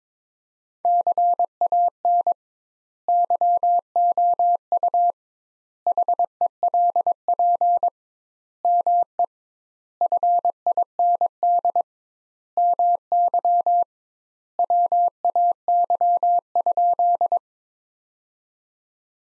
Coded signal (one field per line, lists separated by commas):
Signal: Morse code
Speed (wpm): 22 wpm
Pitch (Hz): 700 Hz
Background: none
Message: CAN YOU HELP ME FIND MY WAY?